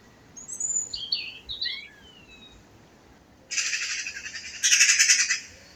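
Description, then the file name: Eurasian magpie giving a harsh, rapid rattling chatter that suddenly grows louder partway, after a few thin whistled notes at the start. "Pica pica"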